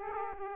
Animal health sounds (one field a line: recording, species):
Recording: mosquito wingbeat signal from an infrared sensor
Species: Aedes aegypti